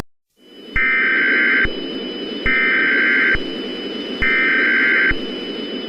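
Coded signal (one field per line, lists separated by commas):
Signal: Emergency Alert System (SAME) tones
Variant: header bursts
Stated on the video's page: Fictional EAS scenario about a lunar eclipse, not a real alert.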